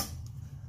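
On a LeoGrande Racing dual caliper bracket for the E30/E36ti/Z3, with the brake pads installed, the metal locking bar is lifted and then pressed down to lock the pads in. A short, sharp metallic click at 0.3 s stands out over a steady low hum, and the bar snaps into place, seating the pads.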